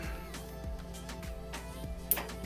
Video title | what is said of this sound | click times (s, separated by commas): 2008 GE Profile Gas Dryer-DPGT650GHWW | that's already clicked in we heard a click | 2.1 s